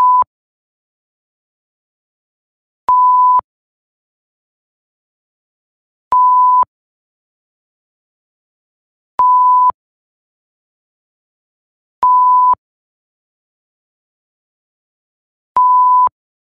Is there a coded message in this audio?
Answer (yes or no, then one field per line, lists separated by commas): no